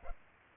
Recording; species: mosquito wingbeat signal from an infrared sensor; Culex pipiens